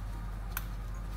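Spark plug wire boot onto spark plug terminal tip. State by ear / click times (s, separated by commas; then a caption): seated / 0.6 s. A rubber spark plug wire boot is pushed down onto the terminal tip of a freshly installed spark plug in a 1995 Jeep Wrangler engine. Against a steady low hum, a single short, sharp click sounds at 0.6 s as the boot snaps onto the tip, seating it.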